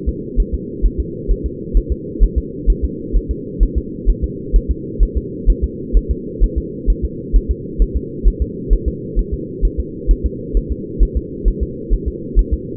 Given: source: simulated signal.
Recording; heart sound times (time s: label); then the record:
fetal heart sounds
0.09 s: S2
0.40 s: S1
0.54 s: S2
0.86 s: S1
1.00 s: S2
1.31 s: S1
1.46 s: S2
1.77 s: S1
1.92 s: S2
2.23 s: S1
2.38 s: S2
2.70 s: S1
2.84 s: S2
3.16 s: S1
3.31 s: S2
3.63 s: S1
3.78 s: S2
4.10 s: S1
4.24 s: S2
4.56 s: S1
4.71 s: S2
5.03 s: S1
5.17 s: S2
5.50 s: S1
5.64 s: S2
5.97 s: S1
6.11 s: S2
6.44 s: S1
6.58 s: S2
6.90 s: S1
7.05 s: S2
7.36 s: S1
7.51 s: S2
7.82 s: S1
7.97 s: S2
8.28 s: S1
8.42 s: S2
8.73 s: S1
8.88 s: S2
9.19 s: S1
9.34 s: S2
9.65 s: S1
9.80 s: S2
10.11 s: S1
10.26 s: S2
10.57 s: S1
10.72 s: S2
11.03 s: S1
11.17 s: S2
11.48 s: S1
11.63 s: S2
11.94 s: S1
12.08 s: S2
12.39 s: S1
12.54 s: S2
From the record:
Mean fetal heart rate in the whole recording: 130 bpm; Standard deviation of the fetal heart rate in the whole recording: 2 bpm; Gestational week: 36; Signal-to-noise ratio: -4.1 dB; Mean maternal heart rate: no maternal heart sound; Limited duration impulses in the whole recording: absent